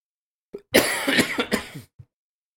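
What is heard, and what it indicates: A short coughing fit from an adult indoors: a small throat-clearing catch, then about four or five harsh, noisy cough bursts run together over roughly a second, ending with a faint final cough. An ordinary bout of coughing with no spoken words.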